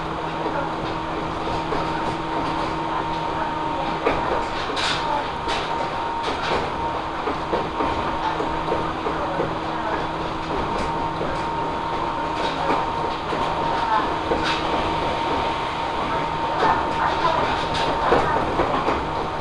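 A ride aboard the Ohmi Railway train between Takamiya, Hikone and Yokaichi. A steady rumble fills the clip with a low hum and a steady tone running throughout, while brief squeals and clacks of the wheels on the track break through every second or two, a little busier near the end.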